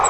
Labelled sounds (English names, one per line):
Grace's Warbler flight call